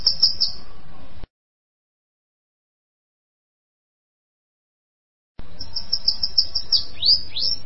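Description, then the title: Bananaquit song: very high, thin chirps in quick bursts, then a rapid run of sharp notes ending in steep downward sweeps, broken by a long silent gap. "Canto De Cambacica"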